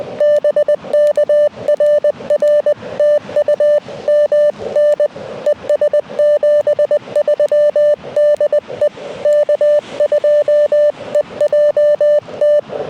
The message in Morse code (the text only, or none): BK RR TU MN ES 73 DE K2EJT